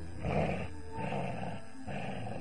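A giant three-headed monster dog with six eyes and mouths full of sharp teeth growls in three deep, rumbling bursts, each roughly half a second long and separated by short pauses, loud and guttural with no voices.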